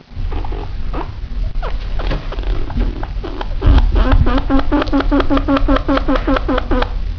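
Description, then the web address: Chinchilla calling with a fast run of short, harmonic, bleating pulses in the second half, preceded by scattered softer notes, over steady low rumbling noise. Contact call. "peppi chinchilla"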